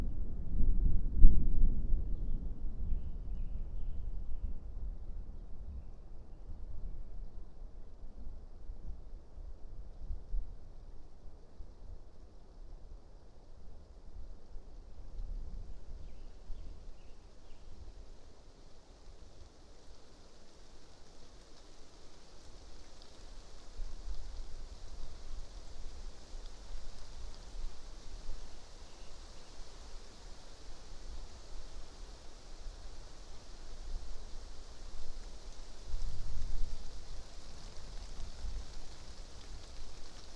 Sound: Passing Thunderstorm East Of Bear Mountain